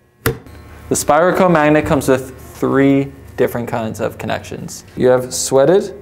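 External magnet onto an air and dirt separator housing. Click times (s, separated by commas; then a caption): 0.3 s. An external magnet is slid onto the top of an air and dirt separator's housing until its nipple is inserted, and it seats with a single sharp, loud click at 0.3 s. Someone then talks for the rest of the clip.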